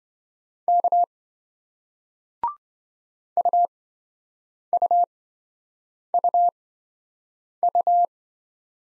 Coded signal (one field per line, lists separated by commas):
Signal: Morse code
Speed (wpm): 28 wpm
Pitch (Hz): 700 Hz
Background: none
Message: K UUUU